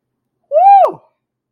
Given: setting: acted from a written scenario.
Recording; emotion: vocal sound without words; triumph